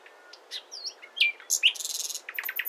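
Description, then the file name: Common nightingale singing a busy, varied phrase: slurred whistles and sharp chips, then a short buzzy rattle and a run of quick staccato notes. "Luscinia megarhynchos"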